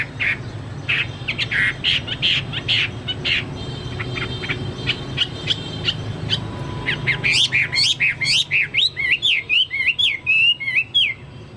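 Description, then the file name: Chinese hwamei song: scattered short chirps and clicks at first, then a loud run of rapid, looping whistled notes near the end over low background hum. "hwamei-2-omkicau"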